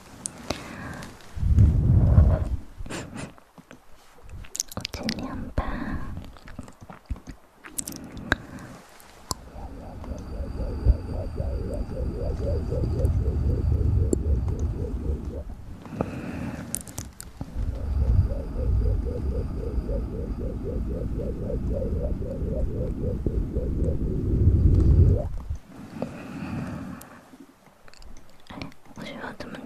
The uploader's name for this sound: Intense Ear Massage & Mouth Sounds